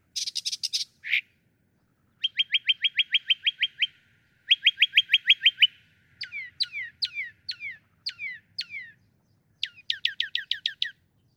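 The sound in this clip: Northern mockingbird song, a clean sequence of varied phrases: a buzzy burst, then rapid runs of repeated chirps, then repeated downslurred notes, each phrase type repeated several times.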